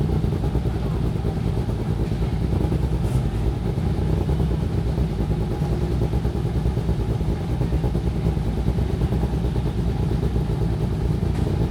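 Cars starting up, heard as a continuous low engine rumble that holds steady for the whole stretch with no clear break or rise. The sound is dense and rough, with a fine rapid pulsing, and a faint clatter rides on top.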